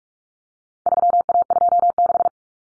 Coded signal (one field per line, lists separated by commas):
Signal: Morse code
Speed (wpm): 44 wpm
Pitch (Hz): 700 Hz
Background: none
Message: 3A26